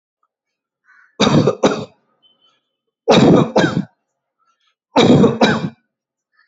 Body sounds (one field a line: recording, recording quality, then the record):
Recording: heavy voluntary cough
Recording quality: excellent, no background noise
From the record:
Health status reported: healthy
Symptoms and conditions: diabetes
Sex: male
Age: 60 years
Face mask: not worn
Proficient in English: yes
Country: India